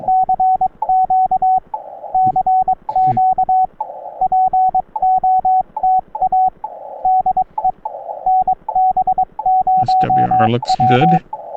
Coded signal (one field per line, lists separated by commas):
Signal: Morse code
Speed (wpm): 22 wpm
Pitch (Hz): 750 Hz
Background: speech, radio noise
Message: CQ CQ POTA DE NB0W